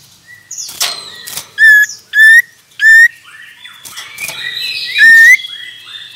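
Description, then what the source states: Common iora song: three short, slightly rising whistles in quick succession, then one more after a pause. Male.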